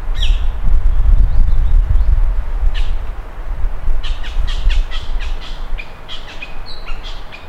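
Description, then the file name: Bird calls, short sharp notes with a few brief whistled tones, given in scattered bursts over a steady low rumble. "SABIOD 50 bird 2015"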